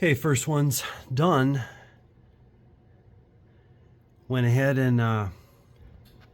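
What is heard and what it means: A spark plug wire boot with its heat shield is handled near a spark plug in the engine cylinder head of a GMC Sierra / Chevy Silverado pickup truck, but nothing has seated or clicked onto the plug yet. Someone talks from 0 to about 1.7 s and again from about 4.3 to 5.3 s, with quiet low background noise in between.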